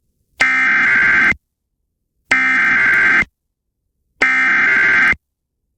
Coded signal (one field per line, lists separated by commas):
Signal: Emergency Alert System (SAME) tones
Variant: header bursts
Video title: EAS #1 special Marine Warning on KALT-FM